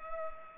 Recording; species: mosquito wingbeat signal from an infrared sensor; Culex pipiens